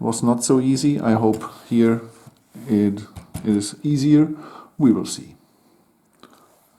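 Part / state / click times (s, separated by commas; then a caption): plastic building brick onto a modular building model / seated / 6.2 s. Someone talks, then a plastic building brick part is pressed onto a modular building model during the set build. A short, sharp click is heard at 6.2 s as the piece seats easily into place.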